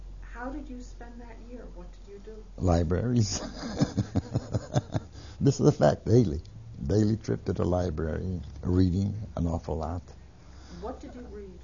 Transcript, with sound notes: How did you spend that year? What did you do? (He laughs.)
This is a fact. Daily. Daily trips to the library. Reading an awful lot.
What did you read?